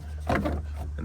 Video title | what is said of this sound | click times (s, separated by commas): I Made My High-Mile Nissan Altima Run Smooth Again (Rough Idle Fixed) | then it just clicks into place. | 0.3 s